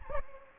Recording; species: mosquito wingbeat signal from an infrared sensor; Aedes aegypti